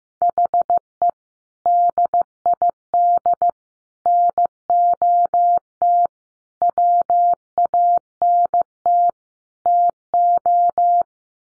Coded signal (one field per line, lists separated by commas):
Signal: Morse code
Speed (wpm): 15 wpm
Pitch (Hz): 700 Hz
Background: none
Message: HE DID NOT WANT TO